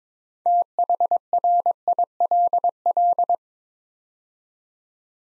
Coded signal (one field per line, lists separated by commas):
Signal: Morse code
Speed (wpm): 22 wpm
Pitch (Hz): 700 Hz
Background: none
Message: THRILL